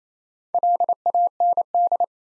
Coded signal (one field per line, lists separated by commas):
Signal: Morse code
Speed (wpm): 35 wpm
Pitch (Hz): 700 Hz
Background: none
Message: LAND